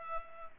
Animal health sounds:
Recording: mosquito wingbeat signal from an infrared sensor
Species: Culex pipiens

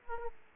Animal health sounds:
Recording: mosquito wingbeat signal from an infrared sensor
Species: Aedes aegypti

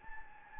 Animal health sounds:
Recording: mosquito wingbeat signal from an infrared sensor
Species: Anopheles gambiae

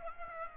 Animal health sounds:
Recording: mosquito wingbeat signal from an infrared sensor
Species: Aedes aegypti

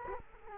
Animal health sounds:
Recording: mosquito wingbeat signal from an infrared sensor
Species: Culex quinquefasciatus

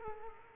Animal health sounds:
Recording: mosquito wingbeat signal from an infrared sensor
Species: Culex quinquefasciatus

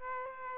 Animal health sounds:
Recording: mosquito wingbeat signal from an infrared sensor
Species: Aedes aegypti

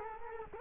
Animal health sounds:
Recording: mosquito wingbeat signal from an infrared sensor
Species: Culex quinquefasciatus

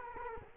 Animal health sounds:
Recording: mosquito wingbeat signal from an infrared sensor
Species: Culex quinquefasciatus

